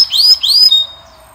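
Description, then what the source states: Canary notes: two quick rising-then-level whistled swoops, then a brief high tone fading out. Male Belgian canary singing a lot; training song to warm up and tutor young birds.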